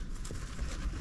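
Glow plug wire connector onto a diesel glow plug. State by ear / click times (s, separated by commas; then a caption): not seated / none. A plastic glow plug wire connector is pushed down with the thumb onto the terminal of a diesel glow plug on a Renault Scenic III 1.5. A brief soft knock is heard around 0.3 s over a steady low rumble and handling noise. Nothing has seated or clicked yet.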